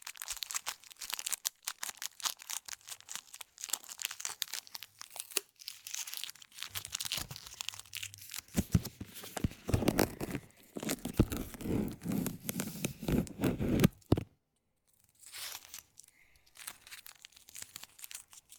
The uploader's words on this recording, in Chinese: 紙膠帶的唰唰聲｜Paper Tape。